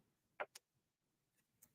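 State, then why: Not seated. A plastic cable chain is handled by its mount on the frame of a Bambu P1P 3D printer during its enclosure upgrade to a P1S. A few short plastic ticks and handling taps are heard, the sharpest near 0.6 s and 1.6 s. Nothing has snapped or seated into place yet.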